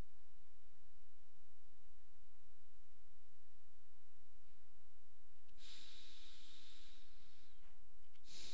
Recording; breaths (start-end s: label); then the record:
nose breathing near a microphone
5.38-8.03 s: inhalation
8.03-8.54 s: exhalation
From the record:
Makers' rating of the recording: medium